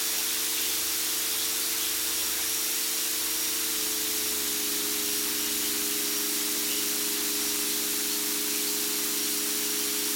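Shortwave radio hiss fills the clip, a dense, steady rush of static with a bright, airy top. Beneath it sit several low, sustained tones that hold almost level, one drifting slightly downward partway through. Little else changes over the ten seconds.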